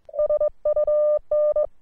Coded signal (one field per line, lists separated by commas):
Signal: Morse code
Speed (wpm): 22 wpm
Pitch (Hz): 1200 Hz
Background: none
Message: SUN